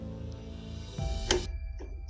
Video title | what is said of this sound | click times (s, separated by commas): 👻 NEW Spirit Halloween 2022 Animatronics - Dr. Illume - Unboxing/Setup | snap it until it clicks just like that | 1.3 s